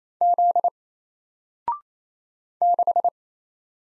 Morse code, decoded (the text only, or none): Z 6